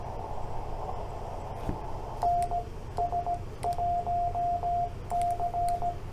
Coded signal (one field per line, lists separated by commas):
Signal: Morse code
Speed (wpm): 16 wpm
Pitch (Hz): 690 Hz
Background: radio noise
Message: NS1C